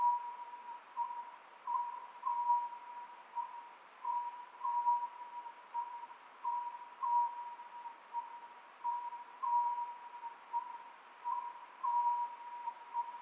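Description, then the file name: Oriental scops owl calling, short tonal hooting notes in rhythmic phrases repeated steadily throughout, over a faint constant tone and soft background hiss. Recorded 27 May 2010 at 23:35. "konohazuku-20100527-2335"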